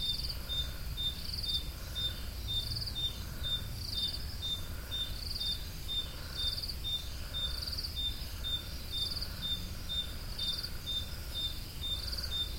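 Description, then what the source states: Cricket song, a steady high trill with regular pulsed chirps, over a constant low rumble. Recorded at Roodekopjes.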